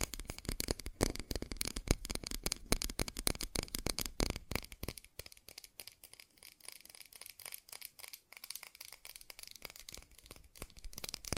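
Fast tapping in rapid, dense clusters of sharp clicks, fuller and louder for the first five seconds, then thinner, brighter and quieter.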